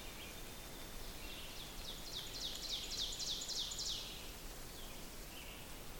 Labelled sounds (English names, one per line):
Ovenbird song